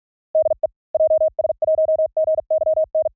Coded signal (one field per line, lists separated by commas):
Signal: Morse code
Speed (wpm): 46 wpm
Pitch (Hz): 630 Hz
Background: none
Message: DE JS1GYN